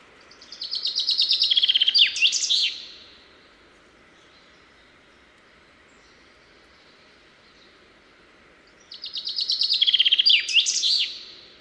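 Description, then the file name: Common chaffinch song: two bright phrases, each a descending run of rapid repeated notes ending in a sharp flourish, starting about eight and a half seconds apart, with a quiet pause between. "Fringilla coelebs"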